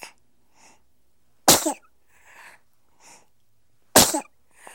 Sneezing baby sneezes. 12 week old baby boy.